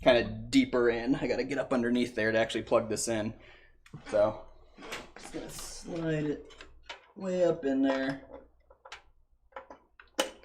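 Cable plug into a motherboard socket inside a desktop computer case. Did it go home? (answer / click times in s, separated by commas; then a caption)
yes / 10.2 s. A cable plug is slid up into a motherboard socket deep inside a desktop computer case while someone talks. Small clicks and scrapes follow, and the plug snaps into place and seats at 10.2 seconds.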